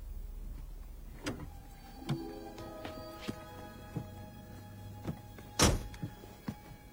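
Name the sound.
getting into a car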